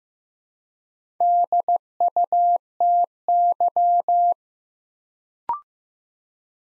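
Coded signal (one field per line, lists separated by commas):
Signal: Morse code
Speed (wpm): 15 wpm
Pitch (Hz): 700 Hz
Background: none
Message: DUTY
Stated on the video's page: Morse practice at 15 wpm: 4-letter words sent two letters at a time for instant character recognition, beginner word-building drill.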